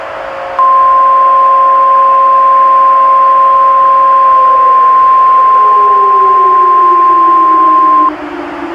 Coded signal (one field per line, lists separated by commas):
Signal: Emergency Alert System (SAME) tones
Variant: 1050 Hz attention tone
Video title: The Divided States of America: An EAS Scenario